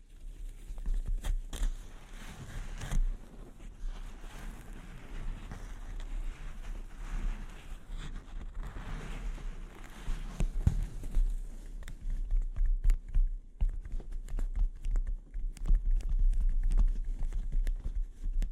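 Delicate mic scratching and tapping, a steady run of soft rubbing broken by sharp, quick taps. The taps come irregularly, thicker in the last third, while a low rumble sits underneath throughout.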